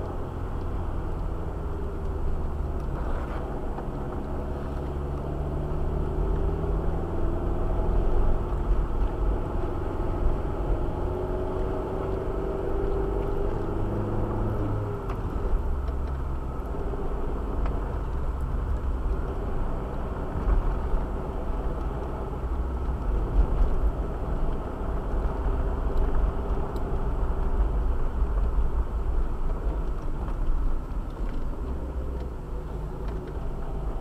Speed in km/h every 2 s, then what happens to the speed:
38, 29, 30, 35, 37, 39, 40, 43, 39, 37, 38, 38, 39, 38, 35, 25, 20.
0-2 brakes to 29. 2-13 speeds up to 43. 18-27 steady at about 38. 27-31 brakes to 20.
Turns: 0-5, 28-34.